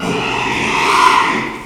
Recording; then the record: squeal of a Yucatan mini pig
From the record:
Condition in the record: after surgery on the right vocal fold (resection and tissue-engineered implant); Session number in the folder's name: 1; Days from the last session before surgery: 6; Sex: male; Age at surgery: 12 weeks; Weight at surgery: 13 kg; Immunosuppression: cyclosporine, prednisolone